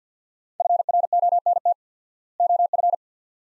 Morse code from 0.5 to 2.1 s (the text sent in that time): FRONT